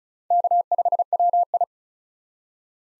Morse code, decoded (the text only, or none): K5WI